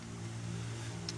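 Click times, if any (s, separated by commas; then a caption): 1.1 s. A metal valve cup is fitted onto a rocker arm of an Isuzu D-Max pickup diesel engine and snaps into place with a short, sharp click at 1.1 s. The click rises above a steady low hum and broad background noise, and the cup is seated.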